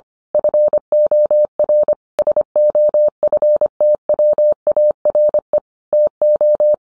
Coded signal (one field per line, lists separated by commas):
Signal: Morse code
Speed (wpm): 25 wpm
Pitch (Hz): 600 Hz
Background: none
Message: FOR SOFTWARE TO